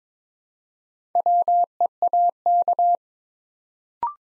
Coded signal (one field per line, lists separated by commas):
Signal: Morse code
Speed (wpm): 22 wpm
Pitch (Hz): 700 Hz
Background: none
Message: WEAK